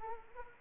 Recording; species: mosquito wingbeat signal from an infrared sensor; Anopheles arabiensis